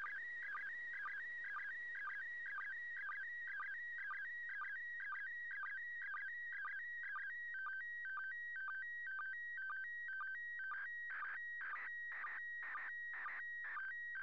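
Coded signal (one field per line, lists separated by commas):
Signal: SSTV (slow-scan television)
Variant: PD120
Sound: warbling, chirping tone scanning steadily with a short low sync blip about twice a second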